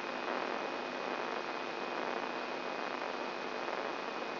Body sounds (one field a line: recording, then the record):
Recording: brain microelectrode recording played as sound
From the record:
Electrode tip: inside the subthalamic nucleus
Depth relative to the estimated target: 2.5 mm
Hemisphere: left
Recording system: AlphaMap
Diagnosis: Parkinson's disease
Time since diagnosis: 11 years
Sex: male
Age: 67 years